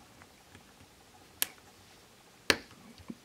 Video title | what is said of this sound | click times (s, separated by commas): Motorola Luge Earpiece Speaker Replacement How To Change | Make sure it clicks in | 1.4 s, 2.5 s